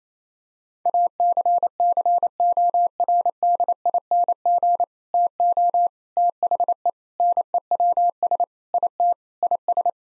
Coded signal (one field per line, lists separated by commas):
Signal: Morse code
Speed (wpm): 28 wpm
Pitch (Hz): 700 Hz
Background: none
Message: ACCORDING TO THE NEWS IT IS